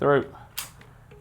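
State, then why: Seated. Someone talks briefly as a camera quick release plate slides through the clamp of a Zhiyun Weebill 2 gimbal set up with an XT4. At 0.6 s the plate's safety button gives a sharp click as it seats home, followed by faint soft ticks. The plate is now locked in and won't release until the button is pushed.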